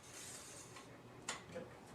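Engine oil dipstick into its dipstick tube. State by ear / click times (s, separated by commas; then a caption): seated / 1.3 s. After being wiped clean, the engine oil dipstick of a 1999 Jeep Cherokee is pushed back into its dipstick tube. Over a steady background hiss, a sharp click rings out at 1.3 s, followed by a fainter tap just after. The dipstick is seated in its tube.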